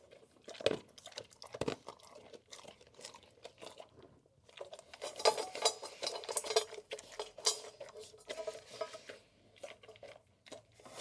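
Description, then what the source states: Dog eating dry food, with irregular crunching and clinking in uneven bursts throughout. Dog eating dry food and sniffing.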